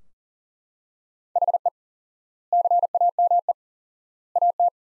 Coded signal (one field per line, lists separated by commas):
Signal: Morse code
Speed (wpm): 40 wpm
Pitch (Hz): 700 Hz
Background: none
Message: HE CAME AT